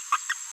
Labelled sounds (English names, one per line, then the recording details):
Green-rumped Parrotlet babbling
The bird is a female
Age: 21 days
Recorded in a nest box in Venezuela
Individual 17B73B2